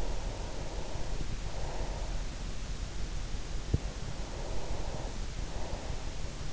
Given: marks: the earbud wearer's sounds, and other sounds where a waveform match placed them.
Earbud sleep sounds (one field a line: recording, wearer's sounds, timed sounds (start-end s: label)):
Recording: sounds in sleep by an in-ear microphone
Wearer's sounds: breath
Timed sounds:
0.16-2.11 s: breath
4.19-6.53 s: breath